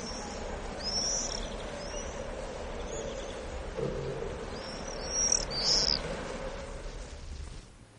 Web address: common swift